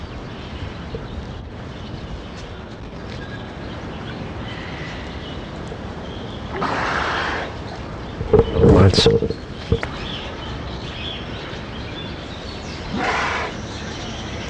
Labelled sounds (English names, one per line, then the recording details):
Polar Bear snorting
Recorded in captivity
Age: adult
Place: Zoo Berlin, Berlin, DE
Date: 1985-09-05 12:23
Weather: overcast, 15°C
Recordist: Tembrock, Günter